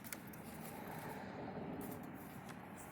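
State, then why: Released. A plastic dash trim panel is twisted out of the dashboard, and one of its retaining clips lets go with a short, sharp snap at 0.1 s. The clip releases, followed by steady low rustling and handling noise.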